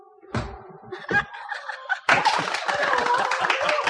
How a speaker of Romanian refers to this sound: Hai, nu mai bateți din palme că s-a terminat. S-a mântuit. Mulțumim.